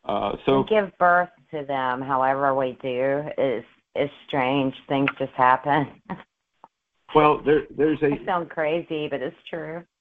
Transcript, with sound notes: We give birth to them however we do. It's, it's strange. Things just happen. (laughs)
Well, there, there's a-
It sounds crazy, but it's true.